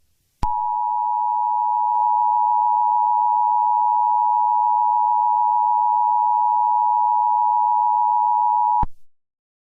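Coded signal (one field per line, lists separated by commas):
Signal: Emergency Alert System (SAME) tones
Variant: 853 and 960 Hz attention tone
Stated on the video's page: Fictional EAS scenario; simulated alert tones, not a real activation.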